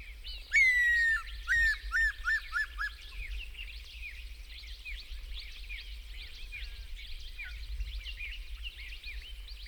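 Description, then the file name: Lizard buzzard calling: a loud, slightly falling whistle, then a quick run of short whistled notes. A busy chorus of other small birds chirps and trills throughout. "Lizard Buzzard (Kaupifalco monogrammicus)"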